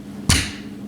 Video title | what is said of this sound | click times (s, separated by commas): M1A Basic Field Strip and Reassembly. | not really fortunately just put him back down in there and then you want to close the trigger group until you hear it snap back into place like | 0.3 s